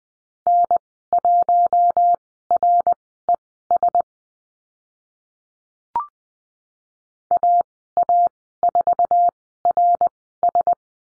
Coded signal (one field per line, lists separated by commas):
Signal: Morse code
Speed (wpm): 20 wpm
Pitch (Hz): 700 Hz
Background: none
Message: N1RES AA4RS